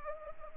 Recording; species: mosquito wingbeat signal from an infrared sensor; Anopheles gambiae